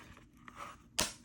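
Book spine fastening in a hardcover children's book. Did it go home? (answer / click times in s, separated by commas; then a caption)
released / 1.0 s. The book spine fastening of a hardcover children's Golden Book is worked free by wiggling the pages and cover at the spine. After faint handling rustles and a small tick at 0.5 s, a sharp click sounds at 1.0 s and the second side is released; it did not take much manipulation once it was wiggled in enough.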